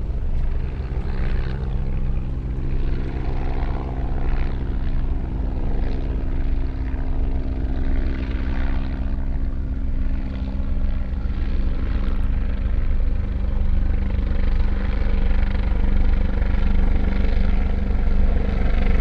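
Helicopters drone steadily throughout, a dense low rumble with layered engine tones and a faint rhythmic pulsing, the loudness rising slightly toward the end.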